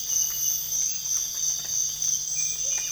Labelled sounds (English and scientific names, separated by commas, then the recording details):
none
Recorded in dense forest near Puerto Asís, Putumayo, Colombia, on 21 December 2024 at 05:30
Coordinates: 0.484, -76.325
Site G056